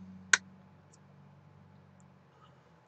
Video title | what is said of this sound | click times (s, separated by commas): Building with SnakeEyesBP1980 Gundam 00 Sky HWS (Trans-Am Infinity Mode) part 2 / 3-2-2019 | that's napped in the place and I didn't expect that to happen all | 0.3 s